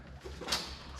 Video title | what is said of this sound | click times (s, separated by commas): How To Replace Headlights Cadillac SRX | snap into place and we're | 0.5 s